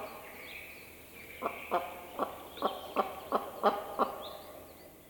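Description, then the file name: Capercaillie female gives a run of harsh cackling notes, about eight in quick succession, over soft background birdsong. "Digiffects Sound Effects Library - Female Capercaillie Call"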